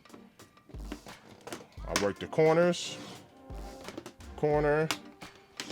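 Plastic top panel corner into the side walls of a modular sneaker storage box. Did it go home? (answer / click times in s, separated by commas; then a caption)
yes / 5.6 s. A plastic top panel is set groove side down onto the side walls of a Kicks & Co modular sneaker storage box, and each corner is pressed in turn while someone talks over background music. A sharp click at 5.6 s marks a corner snapping into its groove, and the panel is seated.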